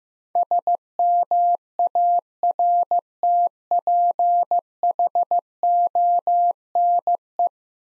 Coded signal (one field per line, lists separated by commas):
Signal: Morse code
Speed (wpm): 15 wpm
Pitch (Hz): 700 Hz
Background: none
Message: SMARTPHONE